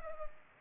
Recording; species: mosquito wingbeat signal from an infrared sensor; Culex pipiens